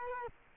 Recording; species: mosquito wingbeat signal from an infrared sensor; Culex quinquefasciatus